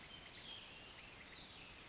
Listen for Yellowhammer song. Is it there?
no